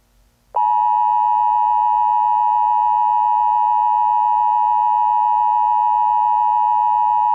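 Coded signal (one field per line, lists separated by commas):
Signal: Emergency Alert System (SAME) tones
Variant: 853 and 960 Hz attention tone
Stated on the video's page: Fictional EAS scenario.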